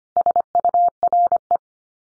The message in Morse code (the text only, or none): SURE